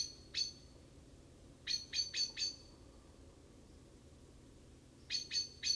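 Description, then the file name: Common blackbird making sharp ticking chinks: a single note, a cluster of four, then another quick group at the close. "Turdus merula"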